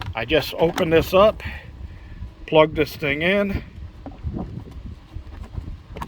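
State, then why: Seated. Someone talks, then a 240 V twist-lock power cord plug is pushed into a generator's AC outlet and turned until it locks in place so it can't fall out. Two quick clicks at 6.0 s and 6.0 s mark the plug seating and locking.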